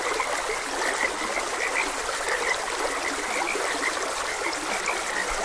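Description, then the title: Frog chorus of short, clipped notes popping up throughout, half-buried in steady stream noise. Frogs croaking beside a gentle stream. "Gentle Stream and Frogs Croaking"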